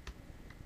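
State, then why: Not seated. A second metal trigger plate is pushed down onto the front tab of a Bingo Airsoftworks Fusion Engine airsoft MP7. Short, sharp ticks sound at about 0.1, 0.5 and 0.7 seconds. The plate misses the tab, and nothing has seated or clicked yet.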